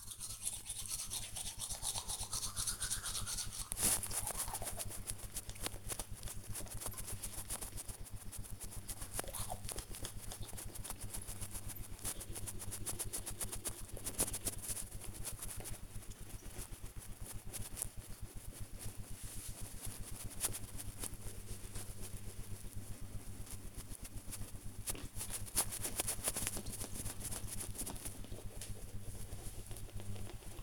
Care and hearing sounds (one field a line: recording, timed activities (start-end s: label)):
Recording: household activities, microphone on the right wrist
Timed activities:
0.00-30.63 s: brushing teeth